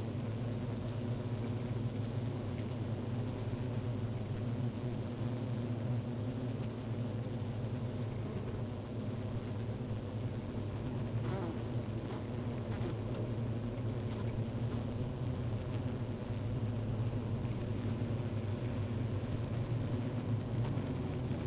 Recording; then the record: honeybee colony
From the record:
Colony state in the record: active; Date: 28 July 2017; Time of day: 15:47